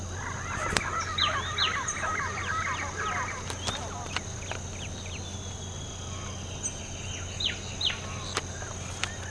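Bird calls, a rapid chatter of short chirping notes in the first half, then scattered sharp downslurred chips over a steady hum.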